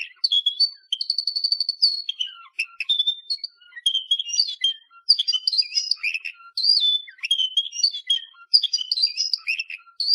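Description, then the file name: Canary song mixing a fast, even high trill with varied whistled and chirped notes delivered in quick, continuous phrases. "Canary Voice"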